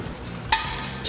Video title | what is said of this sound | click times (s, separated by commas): ENGINE UPGRADE on my 1949 Cessna 140A! | You heard it click. | 0.5 s